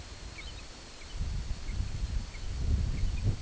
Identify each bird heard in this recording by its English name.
American Golden-plover